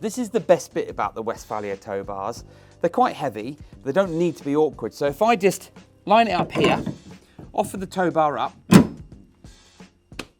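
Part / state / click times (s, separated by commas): detachable towbar neck into towbar receiver / seated / 10.2 s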